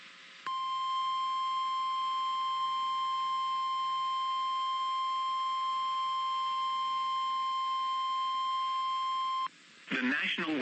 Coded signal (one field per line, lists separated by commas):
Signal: Emergency Alert System (SAME) tones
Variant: 1050 Hz attention tone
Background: speech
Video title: Special Marine Warning! - [EAS #125]